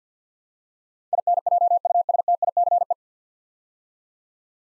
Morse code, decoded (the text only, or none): INJUSTICE